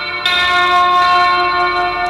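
Loud bells ring out, a bright clang followed by another strike about a second later, their rich metallic tones sustaining and overlapping without fading.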